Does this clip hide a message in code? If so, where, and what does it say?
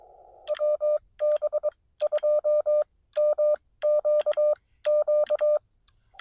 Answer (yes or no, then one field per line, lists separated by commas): yes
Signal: Morse code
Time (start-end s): 0.5-5.6 s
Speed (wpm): 21 wpm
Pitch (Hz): 600 Hz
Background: none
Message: WB2MQQ